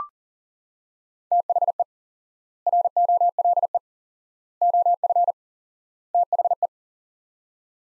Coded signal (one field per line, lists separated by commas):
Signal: Morse code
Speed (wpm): 40 wpm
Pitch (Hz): 700 Hz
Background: none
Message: THE ROLE OF THE